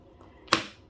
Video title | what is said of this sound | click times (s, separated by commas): Epoxy Resin #5 Experiment With Shaker Coaster Mold | hear that snap yeah that's tight cap | 0.5 s